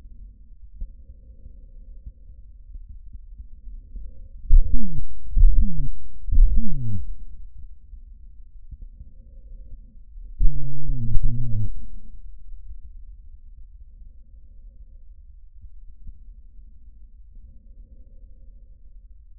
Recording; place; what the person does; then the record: lung sounds by stethoscope; trachea; quiet breathing, then cough and speech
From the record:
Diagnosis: COPD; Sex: male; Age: 64 years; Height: 166 cm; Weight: 92.7 kg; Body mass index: 33.6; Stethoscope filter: bell mode